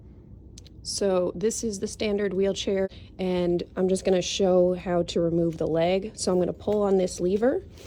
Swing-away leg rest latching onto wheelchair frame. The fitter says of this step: in place and then i can just slide this back around and it snaps into place